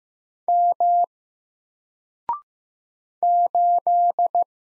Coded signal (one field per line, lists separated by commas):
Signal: Morse code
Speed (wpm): 15 wpm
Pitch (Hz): 700 Hz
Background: none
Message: M 8